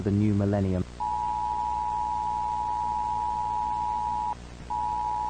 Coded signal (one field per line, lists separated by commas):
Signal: Emergency Alert System (SAME) tones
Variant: 853 and 960 Hz attention tone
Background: speech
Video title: BBC EAS Scenario - Y2K Bug (2000)